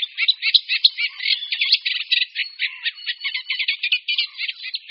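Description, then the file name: Eurasian reed warbler giving an unbroken, jerky chatter of rasping notes, many each second, repeating motifs a few times before switching to new ones. "Rákosník-obecný"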